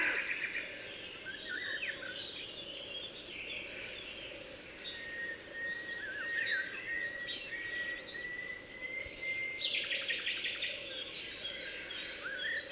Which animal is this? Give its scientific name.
Corvus cornix